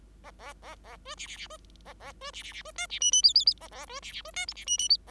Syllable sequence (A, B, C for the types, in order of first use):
A A A A B C C C B A A B C C C B D C E E F F F A A B C C B D G C E E